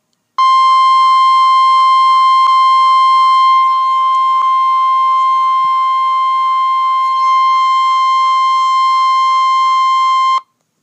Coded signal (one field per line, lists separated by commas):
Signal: Emergency Alert System (SAME) tones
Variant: 1050 Hz attention tone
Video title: (NOT PROFESSIONAL) Halloween 2017 EAS scerino: zombie attack VAILD TONES